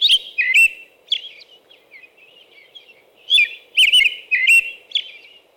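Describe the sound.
American robin song in two bursts of short caroling whistled phrases with sharp high squeaks, separated by quieter broken notes, over a faint constant hum.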